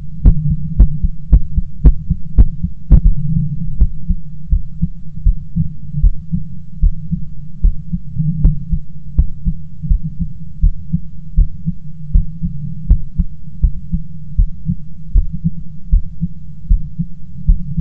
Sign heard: Heartbeat.